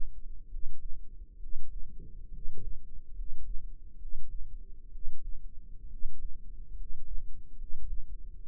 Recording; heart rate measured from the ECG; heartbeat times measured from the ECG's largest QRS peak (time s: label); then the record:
heart sounds by microphone in the left ear; 68 bpm
0.46 s: heartbeat
1.36 s: heartbeat
2.28 s: heartbeat
3.11 s: heartbeat
3.95 s: heartbeat
4.88 s: heartbeat
5.86 s: heartbeat
6.72 s: heartbeat
7.54 s: heartbeat
8.42 s: heartbeat
From the record:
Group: healthy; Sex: male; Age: 22 years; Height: 185 cm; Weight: 112.4 kg